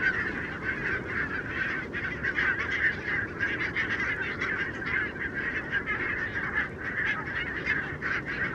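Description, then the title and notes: Barnacle goose: barnacle geese in a massive flock, countless short yapping calls merging into a constant roar, with slight surges in loudness. Flock of about 20,000 on wintering grounds at Renesse, Netherlands, 12 January 2009; very noisy winter gathering; recorded with Nagra LB and Telinga P7. "Renesse - Pays-bas. 20 000 Bernache nonnette ( Branta leucopsis) en Hollande"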